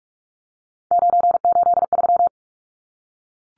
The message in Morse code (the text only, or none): 983